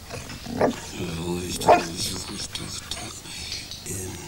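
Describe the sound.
A dog gives a few short, strained barks and yelps, two sharper cries standing out, while voices carry on in the background.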